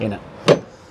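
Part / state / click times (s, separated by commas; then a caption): rear door hold-open stay lock on an SUV swing-out tailgate / released / 0.5 s. Someone talks while pulling back the metal hold-open stay lock on the heavy, spare-wheel-carrying swing-out rear door of a 2000 Mitsubishi Pajero 4x4 SUV parked on a hill. A single sharp hit sounds at 0.5 s as the lock is pulled free, releasing the door so it can be pushed shut.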